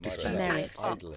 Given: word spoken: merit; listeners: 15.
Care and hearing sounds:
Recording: one English word in noise, from a listening test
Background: four-talker babble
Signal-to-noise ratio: -2.3 dB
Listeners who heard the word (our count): 1 of 15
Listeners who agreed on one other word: 7 of 15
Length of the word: 0.77 s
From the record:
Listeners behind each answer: 7, 2, 1, 1, 1, 1, 1, 1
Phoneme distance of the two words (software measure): 7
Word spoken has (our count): 2 syllables, 5 phonemes, stress on syllable 1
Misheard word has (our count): 2 syllables, 6 phonemes, stress on syllable 1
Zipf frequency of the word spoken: 3.58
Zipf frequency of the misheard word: 3.38

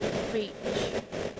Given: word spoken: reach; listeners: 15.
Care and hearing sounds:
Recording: one English word in noise, from a listening test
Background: noise modulated by three-talker babble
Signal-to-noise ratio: -4.0 dB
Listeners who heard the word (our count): 2 of 15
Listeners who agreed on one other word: 12 of 15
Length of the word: 1.00 s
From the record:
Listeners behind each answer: 12, 2, 1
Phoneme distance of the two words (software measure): 7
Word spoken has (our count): 1 syllable, 3 phonemes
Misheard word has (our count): 1 syllable, 4 phonemes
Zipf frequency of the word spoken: 4.81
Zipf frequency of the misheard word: 3.28

